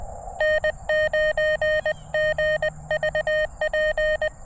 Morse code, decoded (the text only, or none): N9GVP